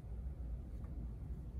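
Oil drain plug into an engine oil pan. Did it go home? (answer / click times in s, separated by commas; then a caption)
no / none. An oil drain plug is being handled and reinstalled into the engine oil pan of a Bronco 2.7 EcoBoost during an oil change. Only a steady low-frequency rumble is heard, with no sharp sounds and no talking. Nothing has seated or clicked yet.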